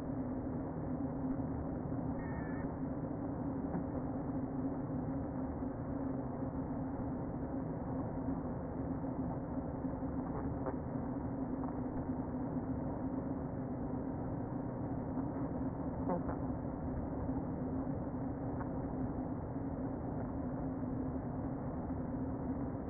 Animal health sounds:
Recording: honeybee colony, microphone inside the hive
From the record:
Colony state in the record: queen present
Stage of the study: before two queens were removed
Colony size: about 60,000 bees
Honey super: yes

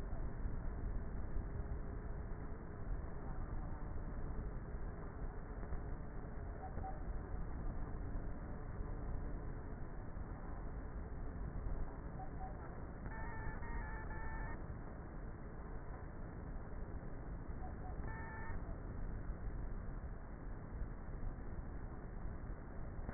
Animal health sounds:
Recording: honeybee colony, microphone inside the hive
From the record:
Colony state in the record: queenless with a low population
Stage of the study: before two queens were removed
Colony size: about 30,000 bees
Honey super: no

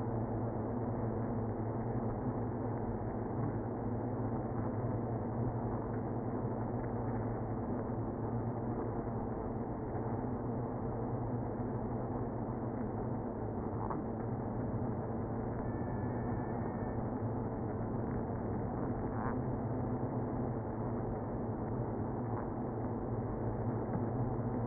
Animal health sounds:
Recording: honeybee colony, microphone inside the hive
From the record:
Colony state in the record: queenless (queen removed)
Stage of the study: after two queens were removed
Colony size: about 60,000 bees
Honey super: yes

